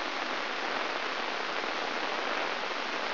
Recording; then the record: brain microelectrode recording played as sound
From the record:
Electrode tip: inside the subthalamic nucleus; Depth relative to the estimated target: 2 mm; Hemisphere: right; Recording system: AlphaMap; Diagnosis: Parkinson's disease